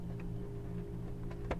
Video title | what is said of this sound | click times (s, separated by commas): Replacing a display on a Dell Vostro 3550 | a part right here just like that oh I clicked Wow | 1.5 s